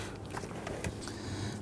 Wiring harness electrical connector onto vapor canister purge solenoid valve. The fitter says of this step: All right. Once you feel that click into place,